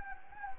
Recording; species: mosquito wingbeat signal from an infrared sensor; Anopheles gambiae